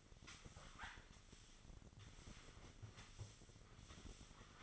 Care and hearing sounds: daily activity, microphone in the room; sweep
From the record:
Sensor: 4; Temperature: 27.1 degrees Celsius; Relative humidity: 35.2%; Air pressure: 1003.9 hPa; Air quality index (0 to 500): 149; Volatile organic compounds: 2 ppm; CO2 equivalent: 1064 ppm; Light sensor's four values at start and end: 17/40/16/18 and 15/35/14/16

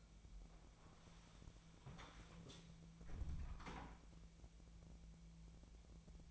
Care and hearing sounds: daily activity, microphone in the room; close door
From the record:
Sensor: 1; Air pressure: 1000.4 hPa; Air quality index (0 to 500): 181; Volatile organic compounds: 4 ppm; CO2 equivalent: 1674 ppm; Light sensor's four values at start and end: 12/29/12/14 and 12/28/12/13

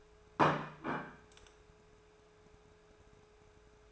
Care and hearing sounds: daily activity, microphone in the room; place plate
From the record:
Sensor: 2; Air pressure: 1014.9 hPa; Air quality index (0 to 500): 203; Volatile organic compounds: 20 ppm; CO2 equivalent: 2688 ppm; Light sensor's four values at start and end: 16/39/17/19 and 19/46/20/22

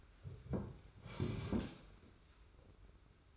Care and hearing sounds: daily activity, microphone in the room; sit down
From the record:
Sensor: 2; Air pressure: 991.5 hPa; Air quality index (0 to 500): 183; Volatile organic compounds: 1000 ppm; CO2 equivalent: 5960 ppm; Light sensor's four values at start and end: 25/80/31/30 and 28/88/34/33

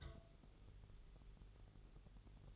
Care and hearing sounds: daily activity, microphone in the room; take from stove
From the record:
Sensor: 4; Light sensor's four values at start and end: 29/98/36/38 and 29/98/36/38

